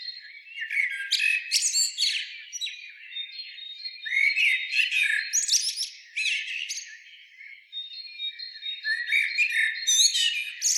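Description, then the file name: Common blackbird, repeated bursts of warbling and shrill high twittering, nearly continuous, with a thin steady tone in the background. "Turdus merula"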